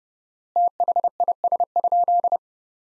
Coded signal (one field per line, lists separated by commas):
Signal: Morse code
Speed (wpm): 32 wpm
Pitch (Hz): 700 Hz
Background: none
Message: THIS?